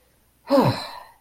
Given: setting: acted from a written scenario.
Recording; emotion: vocal sound without words; relief